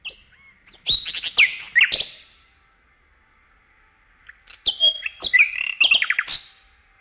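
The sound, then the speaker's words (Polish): Birdsong: two bursts of bright, rapid, high-pitched warbling and trills, each about two seconds long, separated by a quiet pause, with a faint steady tone underneath. “zmarł Tomasz Ogrodowczyk, autor nagrań głosów ptaków, które znają Państwo z naszej anteny. Słyszą je Państwo także teraz.”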